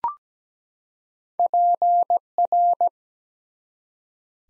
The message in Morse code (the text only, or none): PR